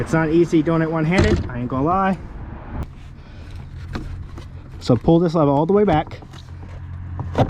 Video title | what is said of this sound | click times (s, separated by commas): Putting The New Top on The Corvette | and it pops right in. Now it's locked. See? | 7.2 s